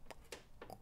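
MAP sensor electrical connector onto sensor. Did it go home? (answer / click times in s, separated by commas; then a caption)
yes / 0.3 s. A plastic electrical connector is pushed onto the MAP sensor of a BMW M340i / Toyota Supra B58 engine, and it seats with a click at 0.3 s. Other short ticks and taps occur around 0.1 s, 0.6 s and 0.7 s. The connector is confirmed clicked in and seated.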